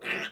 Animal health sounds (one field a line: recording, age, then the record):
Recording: pig call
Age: piglet (1 to 25 days)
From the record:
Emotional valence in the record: negative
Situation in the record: castration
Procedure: castration, cut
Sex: male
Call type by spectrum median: low-frequency call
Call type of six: low-frequency tonal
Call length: 0.32 s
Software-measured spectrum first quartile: 1152 Hz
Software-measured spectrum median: 1930 Hz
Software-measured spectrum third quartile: 2578 Hz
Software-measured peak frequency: 2686 Hz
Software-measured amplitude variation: 139 dB a second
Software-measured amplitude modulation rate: 10.8 a second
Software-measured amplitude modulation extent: 12.8 dB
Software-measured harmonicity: 0.2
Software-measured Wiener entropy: -0.91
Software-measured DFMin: 984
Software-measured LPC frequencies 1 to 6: 1729, 2667, 5589, 7389, 8091, 9146 Hz